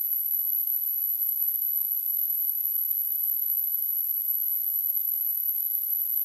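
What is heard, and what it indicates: A steady, very high-pitched whistling tone sits over a faint hiss, unchanged for about six seconds. This is a simulation of tinnitus, the constant ringing a person hears with no outside sound present.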